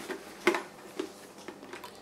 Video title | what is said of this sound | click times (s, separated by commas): Démontage visières moto HJC i70 | et voilà tu entends le clac voilà | 0.5 s